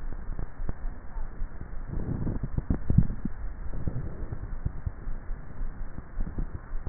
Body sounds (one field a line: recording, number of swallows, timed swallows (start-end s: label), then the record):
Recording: swallowing sounds by neck microphone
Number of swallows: 1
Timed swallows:
2.75-4.02 s: swallow
From the record:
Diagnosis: dysphagia